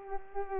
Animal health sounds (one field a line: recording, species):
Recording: mosquito wingbeat signal from an infrared sensor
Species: Culex pipiens